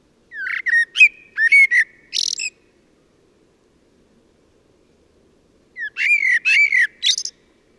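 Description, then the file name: Common blackbird giving two fluty song phrases, each finishing with a squeaky high note, separated by a few seconds of silence. "Turdus merula"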